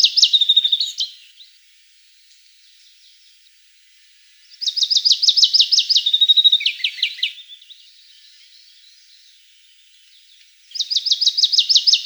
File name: Muholovka malaja vostochnaja